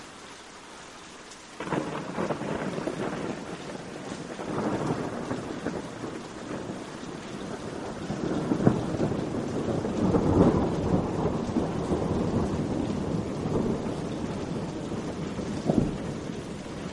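Rain patters steadily after a quiet opening second or so, joined by a low, rolling rumble of distant thunder that swells from about eight seconds and peaks near ten. The rain stays dense and even throughout, with a few sharper drops standing out.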